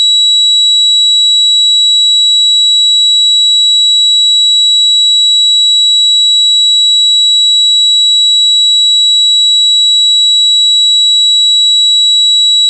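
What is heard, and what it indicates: Synthesized tinnitus simulation: a steady, high-pitched ringing made of a continuous tone near 4 kHz and a second tone near 8 kHz over a faint high hiss. It stays unchanged for the whole 13 seconds, with no low-frequency content.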